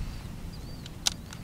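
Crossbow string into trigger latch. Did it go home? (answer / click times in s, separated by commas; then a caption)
yes / 1.1 s. An Excalibur Micro 380 crossbow is cocked by hand with a hook cocking aid, its string pulled back until it latches into the trigger mechanism. Over a low background rumble and a faint high whistle, a sharp click at 1.1 s stands out, with softer ticks around 0.9 s and 1.3 s. The string is seated and latched in the trigger.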